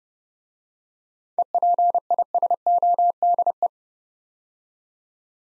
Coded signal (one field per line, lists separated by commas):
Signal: Morse code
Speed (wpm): 28 wpm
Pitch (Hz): 700 Hz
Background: none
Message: EPISODE